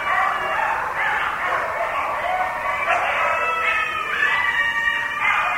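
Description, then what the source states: Coyotes calling together, several overlapping wavering high-pitched howls and yips that rise, fall and break in pitch over a steady background hiss. Several coyotes, recorded 6 November 2010.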